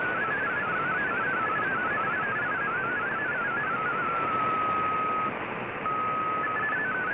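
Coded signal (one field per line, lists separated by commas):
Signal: multi-tone FSK (Olivia or MFSK type)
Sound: burbling stepped single tone, then a steady held tone, brief pause, tone resumes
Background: radio static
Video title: Voice Of America VOA Radiogram Mar 19 2017 on 11580Khz Shortwave Radio in MFSK16,32 with SSTV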